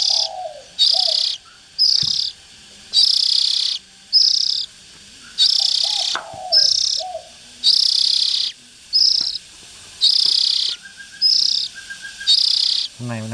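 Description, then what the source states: Oriental magpie-robin harsh calls: hissing, raspy bursts of about half a second repeated roughly once a second, with a few soft low whistled notes in between. Young birds.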